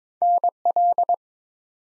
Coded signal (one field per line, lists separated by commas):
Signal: Morse code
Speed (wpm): 23 wpm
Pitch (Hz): 700 Hz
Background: none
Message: NL